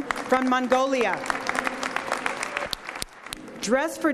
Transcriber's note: applause